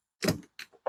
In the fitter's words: once it snaps it's loose